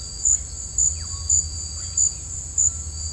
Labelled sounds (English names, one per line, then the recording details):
Russet-backed Oropendola
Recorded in secondary vegetation near Puerto Asís, Putumayo, Colombia, on 21 December 2024 at 17:00
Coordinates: 0.499, -76.323
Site G010